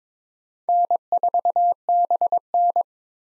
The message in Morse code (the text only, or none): N4BN